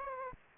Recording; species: mosquito wingbeat signal from an infrared sensor; Anopheles gambiae